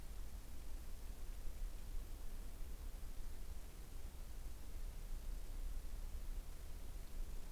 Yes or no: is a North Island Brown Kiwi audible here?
no